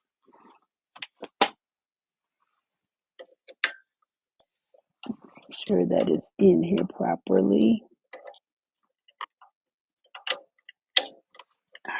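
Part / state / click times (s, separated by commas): bobbin case (likely) into sewing/quilting machine / seated / 11.0 s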